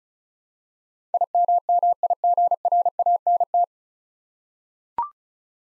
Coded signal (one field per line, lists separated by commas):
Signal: Morse code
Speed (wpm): 34 wpm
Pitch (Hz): 700 Hz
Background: none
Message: IMMIGRANT